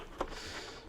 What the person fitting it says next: And they're locked into place.